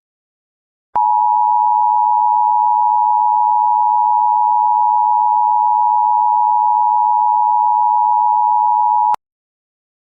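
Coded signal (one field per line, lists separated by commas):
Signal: Emergency Alert System (SAME) tones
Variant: 853 and 960 Hz attention tone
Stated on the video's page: Mock alert with genuine, fully valid tones, imitating a DASDEC/DASDEC-II encoder, for a 911 telephone outage.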